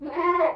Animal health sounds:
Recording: contact call of a hoofed animal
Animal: goat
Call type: low-frequency (closed-mouth) or high-frequency (open-mouth) call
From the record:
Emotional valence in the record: negative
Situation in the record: food frustration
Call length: 0.56 s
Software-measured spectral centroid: 1190 Hz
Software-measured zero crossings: 1390 a second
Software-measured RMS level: -23 dBFS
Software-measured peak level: -11 dBFS

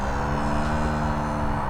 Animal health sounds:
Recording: contact call of a hoofed animal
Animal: cattle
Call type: low-frequency (closed-mouth) or high-frequency (open-mouth) call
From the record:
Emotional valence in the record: negative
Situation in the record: full separation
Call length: 1.70 s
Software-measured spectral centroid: 1650 Hz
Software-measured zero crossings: 1360 a second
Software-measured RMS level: -24 dBFS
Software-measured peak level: -11 dBFS

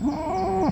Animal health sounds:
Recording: contact call of a hoofed animal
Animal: goat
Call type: low-frequency (closed-mouth) or high-frequency (open-mouth) call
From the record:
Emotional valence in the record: negative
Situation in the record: short social isolation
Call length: 0.72 s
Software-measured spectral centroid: 1260 Hz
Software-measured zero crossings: 1240 a second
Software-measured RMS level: -24 dBFS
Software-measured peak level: -11 dBFS

